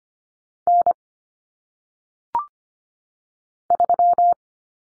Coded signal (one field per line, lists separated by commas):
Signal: Morse code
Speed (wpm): 25 wpm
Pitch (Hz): 700 Hz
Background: none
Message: N 3